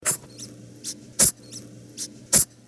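Three sharp, high-pitched little sneezes about a second apart, with softer sniffs and snuffles in between. These are rabbit sneezes, quick airy bursts from a small animal.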